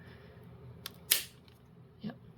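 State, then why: Seated. A small plastic on-off switch is pressed into a mounting hole on top of a robot chassis, oriented with the 0 facing forward and the 1 facing backward next to the battery holder. A faint tick comes at 0.9 s, then the switch snaps into place with a sharp, bright click at 1.1 s, followed by a softer, lower thump near 2.1 s. The switch is seated.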